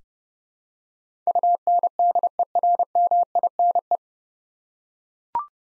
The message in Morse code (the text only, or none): UNDERMINE